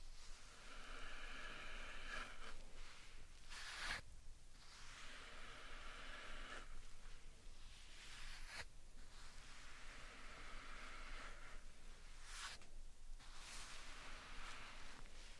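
Slime and sand triggers make a steady, dense crackling and squishing texture, broken by sharp bright swipes near four, eight and twelve seconds.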